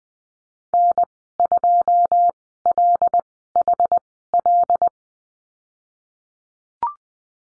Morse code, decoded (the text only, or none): N2LHL